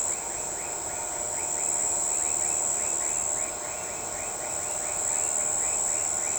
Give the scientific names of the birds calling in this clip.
none